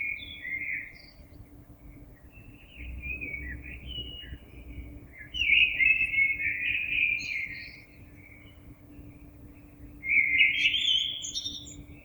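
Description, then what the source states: Common blackbird song of several soft fluted warbles, getting louder midway, with a high squeaky flourish near the end. Recorded on 26 April 2022.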